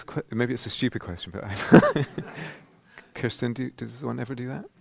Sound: laughter